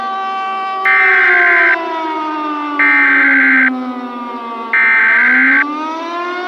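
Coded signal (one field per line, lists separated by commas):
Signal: Emergency Alert System (SAME) tones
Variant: header bursts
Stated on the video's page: Fictional mini Emergency Alert System scenario about a blood moon disaster; a simulated alert.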